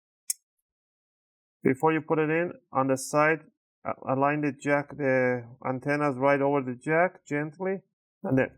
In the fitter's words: make sure if you hear any those click that what you want to hear grab the Wi-Fi board